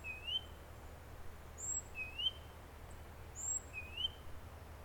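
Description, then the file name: Great tit calling: a rising mid-pitched note and a thin high whistle alternate several times over a quiet low hum. "Parus major"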